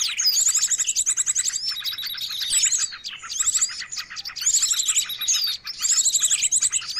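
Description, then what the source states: Birds chirping in a dense, noisy chorus, high trilled phrases repeating in bursts over constant twittering. Noisy bird calls used to lure birds.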